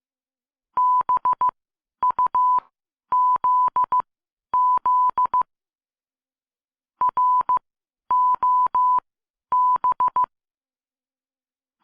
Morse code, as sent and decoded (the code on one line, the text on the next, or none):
-... ..- --.. --.. / .-. --- -...
BUZZ ROB